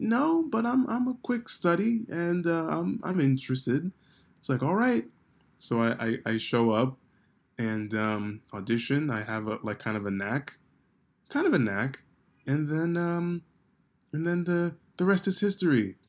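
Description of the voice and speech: Adult man speaking with repeated words and syllables, revisions, a repeated phrase 'kind of a knack' and a drawn-out 'the the the', mild stuttering-type disfluency. He stuttered badly growing up, and it can still be heard sometimes if you listen closely.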